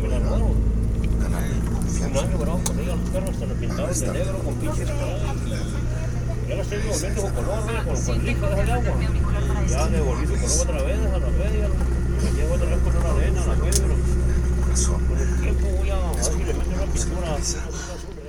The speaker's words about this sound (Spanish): Quiero que escuchen un poco de lo que escuchamos nosotros en el primer autobús que tomamos de la ciudad de Chihuahua hacia el pueblecito mágico de Creel. Así se escuchaba ese autobús en el que viajábamos.